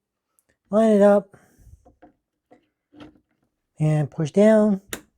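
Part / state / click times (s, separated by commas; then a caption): memory module into motherboard slot / not seated / none. A second RAM memory module is lined up and pushed down toward a DIMM slot on a motherboard while someone talks, with faint, quiet handling taps between the speech. The clip ends just before the module goes home; nothing has seated or clicked yet.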